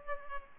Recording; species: mosquito wingbeat signal from an infrared sensor; Culex pipiens